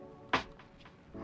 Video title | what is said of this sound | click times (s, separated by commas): Let's Just Build! The Montech King 95 Ultra PC Build | and then that just clicks oh see dude even look at that like this even has a little click thing so you don't have to work hard at | 0.3 s